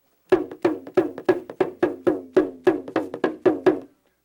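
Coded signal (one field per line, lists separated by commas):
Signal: talking drum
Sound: rapid series of about fourteen hollow, woody drum strokes with slightly varying pitch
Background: small room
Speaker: do they teach you the drum language? Oh, okay, I'll translate for you. Don't worry, I'll translate for you.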